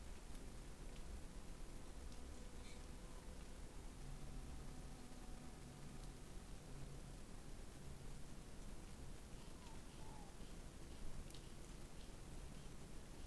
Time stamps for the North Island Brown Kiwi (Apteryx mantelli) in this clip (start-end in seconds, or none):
none